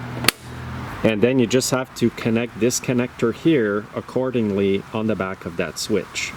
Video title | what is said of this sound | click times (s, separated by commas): John Deere X-Series Riding Mower Burning Drive Belt Problem Fixed! Also Electrical Issue Repaired! | And to install it, you just pop it in. The 2 tabs here will click in there. | 0.3 s